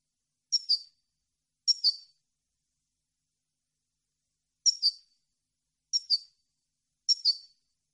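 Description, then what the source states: European goldfinch calls: five sharp double chirps, high-pitched, given in an uneven series with a long pause in the middle. Clean goldfinch song on a CD, for birds to copy.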